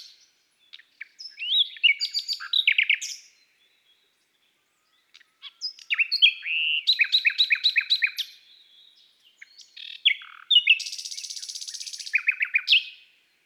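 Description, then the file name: Common nightingale delivering several varied phrases separated by pauses: clustered chirps, a run of rapid repeated notes, and a high buzzy rattle ending in quick descending notes. From an album of bird songs of woods and forests. "Rossignol philomele Chants doiseaux des bois et des forets"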